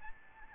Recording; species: mosquito wingbeat signal from an infrared sensor; Aedes albopictus